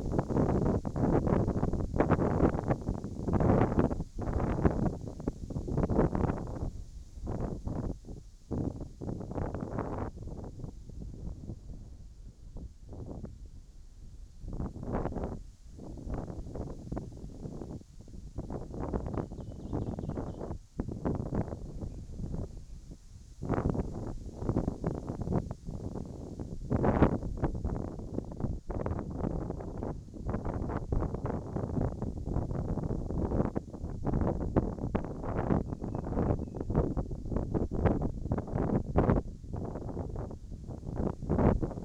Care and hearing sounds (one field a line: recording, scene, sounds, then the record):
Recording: everyday scene through a hearing-aid microphone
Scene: wind on the microphone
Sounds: wind, whistling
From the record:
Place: in front of a rural house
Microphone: in the ear canal, right